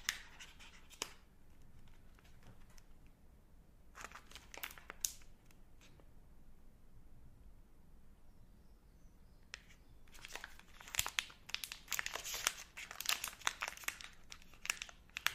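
Chocolate ice cream bar is being unwrapped, with sharp crinkling bursts of wrapper near the start, around four to five seconds, and a dense cluster from ten seconds to the end. Between them come quieter gaps with faint handling noises.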